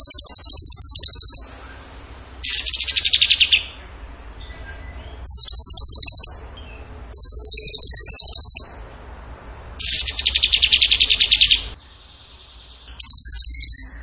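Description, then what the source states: Bird singing fast, shrill rattling trills in repeated bursts of about a second or more. Some bursts are sharp and high, and others drop slightly lower and sound rougher. Masteran (training recording for songbirds), in the tembakan gacor song style.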